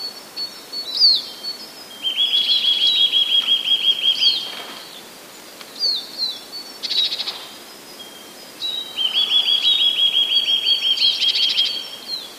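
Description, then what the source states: Eurasian nuthatch singing two quick rattling trills of evenly spaced notes, each about two to three seconds long, separated by pauses with scattered chirps and short buzzy bursts. Song with faster trills.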